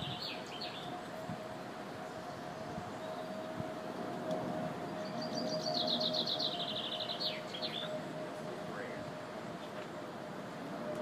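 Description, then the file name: Bird song: a few quick high chirps open, then a rapid, slightly descending buzzy trill for about three seconds, over a steady low hum and constant background noise. "New Bird Song"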